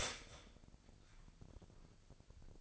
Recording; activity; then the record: daily activity, microphone in the room; start toaster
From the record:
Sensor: 5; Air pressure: 1007.2 hPa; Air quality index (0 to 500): 120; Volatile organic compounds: 1 ppm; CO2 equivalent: 920 ppm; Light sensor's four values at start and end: 32/75/31/33 and 32/75/31/33